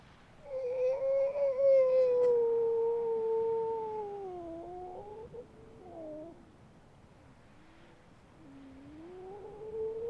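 Grey seal call: a long, wavering, moaning howl that slowly falls in pitch, followed by quieter moans and a rising wail near the end.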